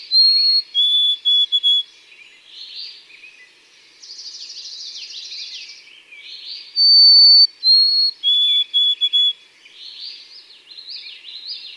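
White-throated sparrow song: clear high whistles followed by a row of shorter, lower whistles, sung twice, with a buzzy trill and other bird sounds in between.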